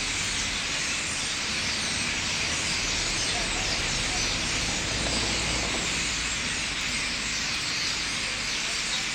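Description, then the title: Common starlings in a massed chorus, a dense continuous wash of high chattering and whistling notes with no breaks, steady in loudness throughout. Thousands gathering in trees at night; roost at 4 Rue des Prisons, Limoges, France; recorded with Sony PCM-M10 internal microphones. "4 Rue des Prisons, Limoges, France - Starlings - étourneaux"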